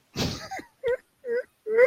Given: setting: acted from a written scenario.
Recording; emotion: vocal sound without words; sadness